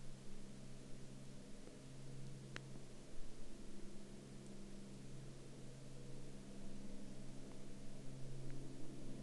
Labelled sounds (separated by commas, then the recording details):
rain, aircraft
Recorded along the Dempster Highway, Canada, on 19 August 2019 at 17:21
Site 16